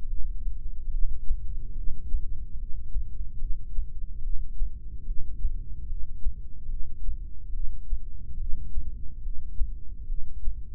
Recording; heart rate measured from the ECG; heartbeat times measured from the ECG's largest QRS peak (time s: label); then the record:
heart sounds by microphone in the left ear; 72 bpm
0.11 s: heartbeat
0.94 s: heartbeat
1.78 s: heartbeat
2.60 s: heartbeat
3.42 s: heartbeat
4.25 s: heartbeat
5.08 s: heartbeat
5.90 s: heartbeat
6.71 s: heartbeat
7.55 s: heartbeat
8.40 s: heartbeat
9.24 s: heartbeat
10.10 s: heartbeat
From the record:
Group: heart failure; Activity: rest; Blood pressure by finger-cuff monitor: 126/93 mmHg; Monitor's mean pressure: 106 mmHg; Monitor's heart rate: 71 bpm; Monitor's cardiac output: 6.3 L/min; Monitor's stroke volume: 87 mL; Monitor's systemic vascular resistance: 1230 dyn s/cm5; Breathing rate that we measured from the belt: 18 breaths a minute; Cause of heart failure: idiopathic cardiomyopathy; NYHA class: 1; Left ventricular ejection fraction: 50%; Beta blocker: bisoprolol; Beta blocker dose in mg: 5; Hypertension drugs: candesartan, spironolactone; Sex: male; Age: 54 years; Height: 180 cm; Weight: 94.6 kg